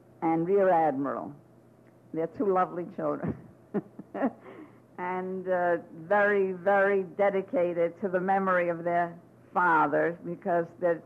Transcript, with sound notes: and Rear Admiral. They're two lovely children, (she laughs) and very, very dedicated to the memory of their father because